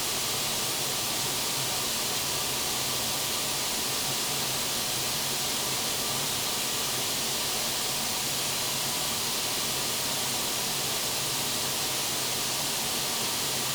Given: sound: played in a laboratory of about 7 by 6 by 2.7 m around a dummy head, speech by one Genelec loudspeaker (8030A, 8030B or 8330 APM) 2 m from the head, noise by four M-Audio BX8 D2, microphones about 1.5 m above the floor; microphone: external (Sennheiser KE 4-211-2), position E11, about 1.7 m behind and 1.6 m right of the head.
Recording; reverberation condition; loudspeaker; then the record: white noise; medium; four, about 170 cm from the corners of the room and facing them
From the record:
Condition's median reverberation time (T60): about 510 ms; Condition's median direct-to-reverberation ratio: about -0.5 dB